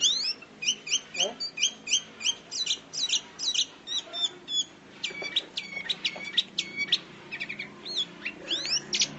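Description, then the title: Sooty-headed bulbul calls: rapid sharp chirps sweeping steeply downward, delivered in fast bursts with short gaps, over a faint low hum. "Suara Burung Kutilang"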